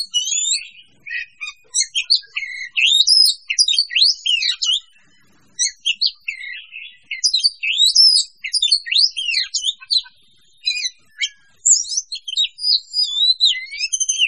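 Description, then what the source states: Birds singing together: a dense, varied mix of high chirps, sweeping whistles and rapid twitters from several birds, with short pauses between bursts. Mixed birds.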